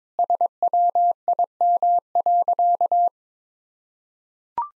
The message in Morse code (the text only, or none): SWIM.